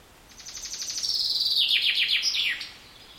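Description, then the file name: Common chaffinch singing one full phrase, a quick series of high notes falling in pitch toward a terminal flourish, with quiet before and after. "Fringilla coelebs"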